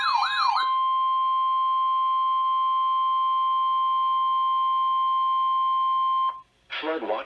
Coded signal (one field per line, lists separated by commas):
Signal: Emergency Alert System (SAME) tones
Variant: 1050 Hz attention tone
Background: speech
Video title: FAIL - EAS #1964-1965 - EAS interrupts another EAS 12-16-2023